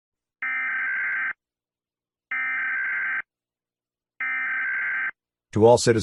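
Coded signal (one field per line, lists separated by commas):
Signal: Emergency Alert System (SAME) tones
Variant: header bursts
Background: speech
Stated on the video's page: Fictional EAS scenario of a California earthquake, with valid EAS tones.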